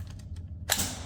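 A pellet/BB magazine is pushed back into a Gamo MP-9 Blowback .177 air pistol after a check of which way round it goes. Faint ticks sit over a low hum, then a sharp, bright click at 0.7 s marks the magazine seating firmly home.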